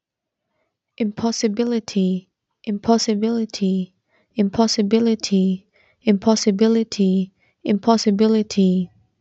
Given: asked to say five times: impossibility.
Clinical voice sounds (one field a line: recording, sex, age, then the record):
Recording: repeated word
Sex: female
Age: 20 to 29 years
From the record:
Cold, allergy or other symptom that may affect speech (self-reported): no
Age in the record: 26 years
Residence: Pakistan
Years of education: 16